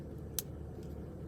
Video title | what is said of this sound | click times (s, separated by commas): Why I switched to the DJI Mic 2 | oh nice audible click slide that in there plug it in | 0.4 s